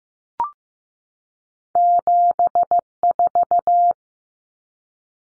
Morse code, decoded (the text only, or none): 74